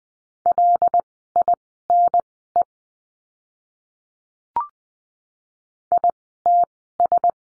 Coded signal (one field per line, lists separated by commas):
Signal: Morse code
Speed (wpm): 20 wpm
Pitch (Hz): 700 Hz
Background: none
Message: LINE ITS